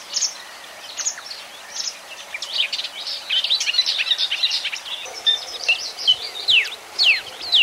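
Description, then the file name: Marsh warbler song: faint scattered chirps at first, then a quick varied chatter of high notes and falling whistles building toward the end. "kamyshovka bolotnaja"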